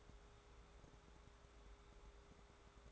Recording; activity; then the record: daily activity, microphone in the room; take from stove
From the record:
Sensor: 3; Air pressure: 1010.3 hPa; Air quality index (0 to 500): 165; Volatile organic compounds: 9 ppm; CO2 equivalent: 2164 ppm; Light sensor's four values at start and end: 50/123/54/60 and 50/124/55/61